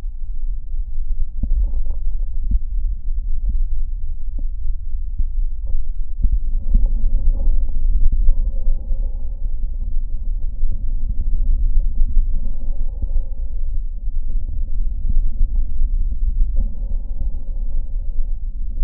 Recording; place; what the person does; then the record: lung sounds by stethoscope; left anterior apical chest; quiet breathing, then deep breathing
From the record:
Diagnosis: COPD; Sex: male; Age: 77 years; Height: 164 cm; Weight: 58.2 kg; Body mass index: 21.6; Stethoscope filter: diaphragm mode